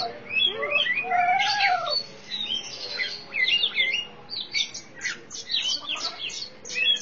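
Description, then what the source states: Oriental magpie-robin song, a varied run of clear whistled phrases, some sliding down and some rising, with quicker chipping notes toward the end over a faint low hum. Kacer song.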